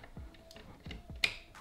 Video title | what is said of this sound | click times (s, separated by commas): AMD Radeon RX 6800 - Installing the Sapphire NITRO+ RX 6800 Gaming | and that just locks it into place | 1.2 s